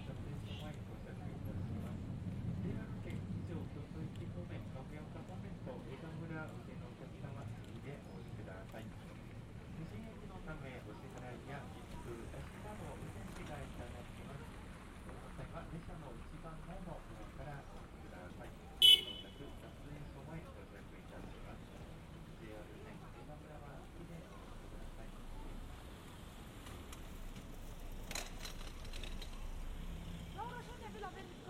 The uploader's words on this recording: Generative soundscape based on a two-dimensional random walk between four binaural soundscapes recorded at different tram stations or tram rides in cities around the world. Riding a tram through Kyoto (Japan).